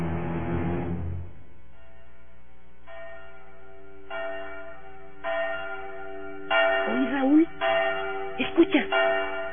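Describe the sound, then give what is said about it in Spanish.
A church bell tolls slowly, calling people to a funeral mass, each heavy strike leaving long ringing overtones that overlap the next stroke. Faint voices rise briefly toward the end. “Llamando a misa de muerto.”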